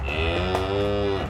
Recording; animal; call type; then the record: contact call of a hoofed animal; cattle; low-frequency (closed-mouth) or high-frequency (open-mouth) call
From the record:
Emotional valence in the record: positive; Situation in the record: physical reunion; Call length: 1.30 s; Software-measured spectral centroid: 1780 Hz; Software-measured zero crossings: 1640 a second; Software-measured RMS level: -24 dBFS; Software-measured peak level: -8 dBFS